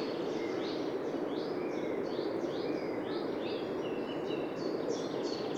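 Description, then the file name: Eurasian wren giving quick high notes in a brisk series, some downslurred, with a few softer lower notes beneath and a continuous low noise bed. "Troglodytes troglodytes"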